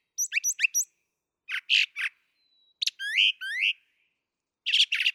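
Brown thrasher singing short groups of repeated whistled and scratchy notes, including rising slurred phrases, separated by pauses; background otherwise silent.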